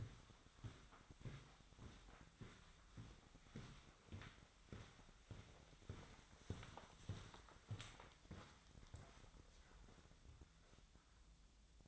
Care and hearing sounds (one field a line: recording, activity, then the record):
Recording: daily activity, microphone in the room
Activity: walk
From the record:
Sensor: 3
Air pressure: 1009.3 hPa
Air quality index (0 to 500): 194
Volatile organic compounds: 4 ppm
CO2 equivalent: 1566 ppm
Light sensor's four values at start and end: 58/149/66/68 and 58/149/65/68